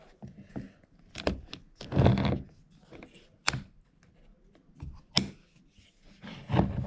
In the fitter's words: yes it does and it doesn't move and that sounds so satisfying